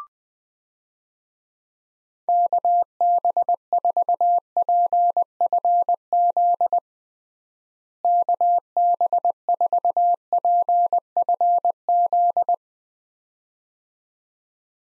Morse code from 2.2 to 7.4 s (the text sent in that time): KB4PFZ